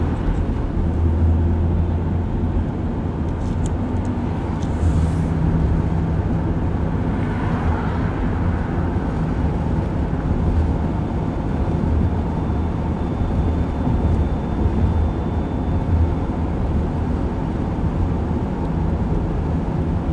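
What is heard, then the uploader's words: A steady rumble of a car driving fills the whole stretch, heavy in the low end with a faint rushing hiss above. Around five seconds a few brief clicks and a bright whoosh pass by, then the engine and road noise continue evenly. Driving to South Mountain in Phoenix, Arizona.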